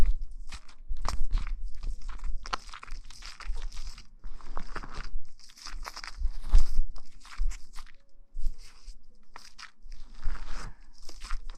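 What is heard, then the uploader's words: Hair being washed with shampoo, heard as dense, wet, squelching scratches as fingers work the scalp. The rubbing comes in irregular bursts, some crisp and bright, others soft, with brief pauses, and a low thumping rumble sits underneath throughout. Shampoo wash hair.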